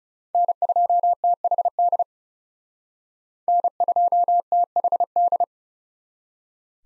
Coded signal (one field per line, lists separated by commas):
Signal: Morse code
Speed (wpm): 36 wpm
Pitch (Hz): 700 Hz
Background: none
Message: N2THD N2THD